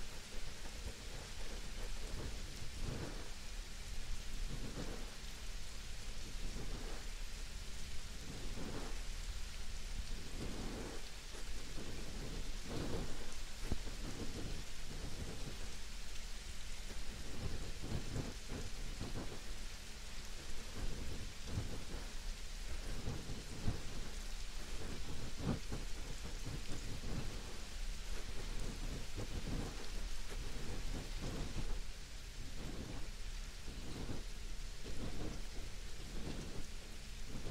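Light ear massage over steady rain, soft rubbing strokes thumping at a loose, regular pace every second or so beneath an unbroken hiss.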